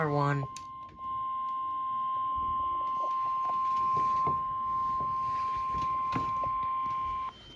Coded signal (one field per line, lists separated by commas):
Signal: Emergency Alert System (SAME) tones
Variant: 1050 Hz attention tone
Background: speech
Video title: (EAS #2) Another FlashFlood Warning (8/19/24) @ 12:10AM EST